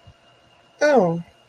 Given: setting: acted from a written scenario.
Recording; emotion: vocal sound without words; interest